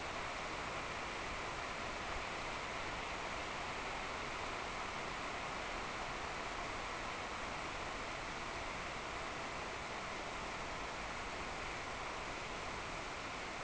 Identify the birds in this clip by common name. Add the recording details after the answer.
none. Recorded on Arctic tundra, site NAIT-1, on 26 June 2018. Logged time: 09:00